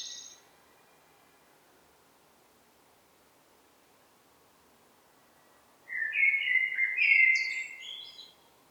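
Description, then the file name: Eurasian blackbird song: the tail of one phrase, a long quiet pause, then one rich fluting phrase ending in a squeaky high flourish. "Turdus merula"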